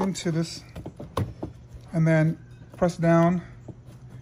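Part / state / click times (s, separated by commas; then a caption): cigarette lighter socket bezel into dashboard console opening / not seated / none. Someone talks while positioning the plastic amber bezel and cigarette lighter socket assembly at the dashboard console opening of a Mini Cooper, ready to press it down. A few short handling taps and knocks are heard between about 0.9 and 1.4 s. Nothing has seated or clicked into place yet.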